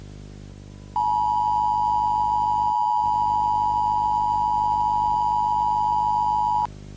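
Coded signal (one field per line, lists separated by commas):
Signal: Emergency Alert System (SAME) tones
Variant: 853 and 960 Hz attention tone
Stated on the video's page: Fictional EAS alert scenario, a recreation not a real broadcast.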